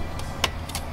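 A plastic switch blank is pushed out from the back of the dashboard trim panel of a 2014-2019 Toyota Highlander, popping free with a sharp hit at 0.4 seconds over a steady low hum. Two softer knocks follow around 0.7 and 0.8 seconds. The blank comes out of the panel easily.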